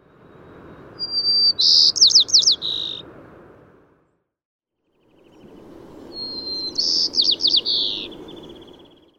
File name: White-crowned Sparrow